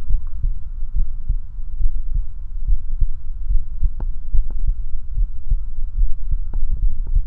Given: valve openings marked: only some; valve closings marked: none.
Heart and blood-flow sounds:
heart sounds by stethoscope; 71 bpm
0.12 s: heartbeat (ECG mark)
0.98 s: heartbeat (ECG mark)
1.83 s: heartbeat (ECG mark)
1.89 s: aortic valve opens (echo mark)
2.70 s: heartbeat (ECG mark)
2.76 s: aortic valve opens (echo mark)
3.52 s: heartbeat (ECG mark)
3.58 s: aortic valve opens (echo mark)
4.36 s: heartbeat (ECG mark)
4.42 s: aortic valve opens (echo mark)
5.20 s: heartbeat (ECG mark)
6.00 s: heartbeat (ECG mark)
6.06 s: aortic valve opens (echo mark)
6.84 s: heartbeat (ECG mark)
From the record:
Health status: healthy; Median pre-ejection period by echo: 60 ms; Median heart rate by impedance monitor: 71 bpm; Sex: male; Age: 21 years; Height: 170 cm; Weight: 85 kg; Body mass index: 29.41

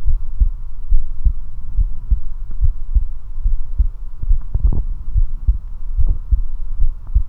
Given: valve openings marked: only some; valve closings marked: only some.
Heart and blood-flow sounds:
heart sounds by stethoscope; 71 bpm
0.09 s: heartbeat (ECG mark)
0.13 s: aortic valve opens (echo mark)
0.42 s: aortic valve closes (echo mark)
0.94 s: heartbeat (ECG mark)
0.97 s: aortic valve opens (echo mark)
1.27 s: aortic valve closes (echo mark)
1.80 s: heartbeat (ECG mark)
1.84 s: aortic valve opens (echo mark)
2.12 s: aortic valve closes (echo mark)
2.64 s: heartbeat (ECG mark)
3.48 s: heartbeat (ECG mark)
3.51 s: aortic valve opens (echo mark)
3.81 s: aortic valve closes (echo mark)
4.32 s: heartbeat (ECG mark)
4.35 s: aortic valve opens (echo mark)
4.66 s: aortic valve closes (echo mark)
5.17 s: heartbeat (ECG mark)
5.22 s: aortic valve opens (echo mark)
5.49 s: aortic valve closes (echo mark)
6.00 s: heartbeat (ECG mark)
6.83 s: heartbeat (ECG mark)
6.88 s: aortic valve opens (echo mark)
7.16 s: aortic valve closes (echo mark)
From the record:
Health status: healthy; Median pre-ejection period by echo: 36 ms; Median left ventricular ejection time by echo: 297 ms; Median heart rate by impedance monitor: 71 bpm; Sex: male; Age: 19 years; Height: 179 cm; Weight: 78 kg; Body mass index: 24.34

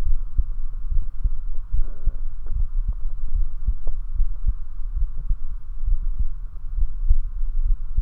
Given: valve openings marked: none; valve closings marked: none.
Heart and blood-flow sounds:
heart sounds by stethoscope; 71 bpm
0.08 s: heartbeat (ECG mark)
0.94 s: heartbeat (ECG mark)
1.76 s: heartbeat (ECG mark)
2.58 s: heartbeat (ECG mark)
3.38 s: heartbeat (ECG mark)
4.18 s: heartbeat (ECG mark)
5.00 s: heartbeat (ECG mark)
5.90 s: heartbeat (ECG mark)
6.81 s: heartbeat (ECG mark)
7.68 s: heartbeat (ECG mark)
From the record:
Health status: healthy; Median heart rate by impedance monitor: 72 bpm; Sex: male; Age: 29 years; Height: 170 cm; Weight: 92 kg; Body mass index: 31.83

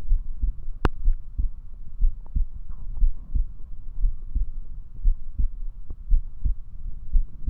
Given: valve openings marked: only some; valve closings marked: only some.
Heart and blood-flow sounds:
heart sounds by stethoscope; 60 bpm
0.10 s: heartbeat (ECG mark)
1.06 s: heartbeat (ECG mark)
2.03 s: heartbeat (ECG mark)
2.10 s: aortic valve opens (echo mark)
2.35 s: aortic valve closes (echo mark)
3.02 s: heartbeat (ECG mark)
4.03 s: heartbeat (ECG mark)
4.09 s: aortic valve opens (echo mark)
4.33 s: aortic valve closes (echo mark)
5.06 s: heartbeat (ECG mark)
5.13 s: aortic valve opens (echo mark)
5.38 s: aortic valve closes (echo mark)
6.12 s: heartbeat (ECG mark)
6.20 s: aortic valve opens (echo mark)
6.43 s: aortic valve closes (echo mark)
7.15 s: heartbeat (ECG mark)
7.22 s: aortic valve opens (echo mark)
From the record:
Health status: healthy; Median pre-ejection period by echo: 73 ms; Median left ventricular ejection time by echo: 250 ms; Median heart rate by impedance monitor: 60 bpm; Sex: male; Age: 21 years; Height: 174 cm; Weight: 70 kg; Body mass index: 23.12

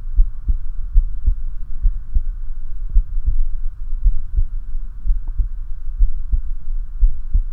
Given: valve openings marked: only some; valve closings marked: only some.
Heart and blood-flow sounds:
heart sounds by stethoscope; 61 bpm
0.20 s: heartbeat (ECG mark)
0.24 s: aortic valve opens (echo mark)
0.50 s: aortic valve closes (echo mark)
0.98 s: heartbeat (ECG mark)
1.02 s: aortic valve opens (echo mark)
1.28 s: aortic valve closes (echo mark)
1.86 s: heartbeat (ECG mark)
1.91 s: aortic valve opens (echo mark)
2.17 s: aortic valve closes (echo mark)
2.98 s: heartbeat (ECG mark)
3.03 s: aortic valve opens (echo mark)
3.30 s: aortic valve closes (echo mark)
4.08 s: heartbeat (ECG mark)
4.12 s: aortic valve opens (echo mark)
4.39 s: aortic valve closes (echo mark)
5.10 s: heartbeat (ECG mark)
5.15 s: aortic valve opens (echo mark)
5.41 s: aortic valve closes (echo mark)
6.03 s: heartbeat (ECG mark)
6.08 s: aortic valve opens (echo mark)
6.35 s: aortic valve closes (echo mark)
7.04 s: heartbeat (ECG mark)
From the record:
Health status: healthy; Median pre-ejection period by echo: 48 ms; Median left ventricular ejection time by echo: 266 ms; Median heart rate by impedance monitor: 59 bpm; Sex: male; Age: 19 years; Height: 170 cm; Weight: 63 kg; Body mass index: 21.80

